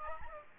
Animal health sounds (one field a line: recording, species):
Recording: mosquito wingbeat signal from an infrared sensor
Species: Aedes aegypti